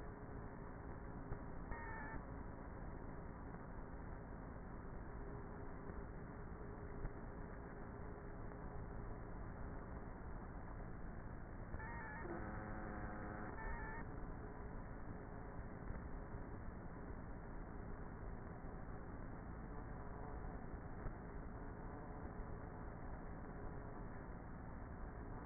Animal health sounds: honeybee colony, microphone inside the hive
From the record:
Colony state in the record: queenless with a low population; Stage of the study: before two queens were removed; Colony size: about 30,000 bees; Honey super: no

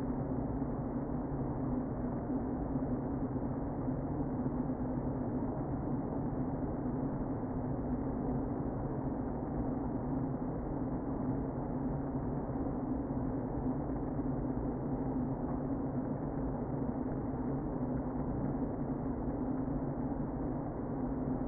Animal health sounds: honeybee colony, microphone inside the hive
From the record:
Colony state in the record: queen present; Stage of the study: before two queens were removed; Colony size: about 60,000 bees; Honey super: yes

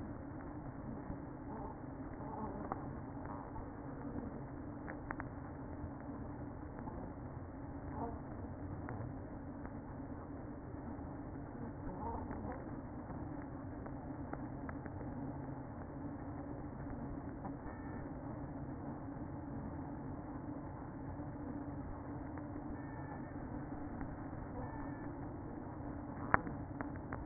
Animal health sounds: honeybee colony, microphone inside the hive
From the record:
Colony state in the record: queen present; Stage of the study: after two queens were removed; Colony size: about 60,000 bees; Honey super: yes

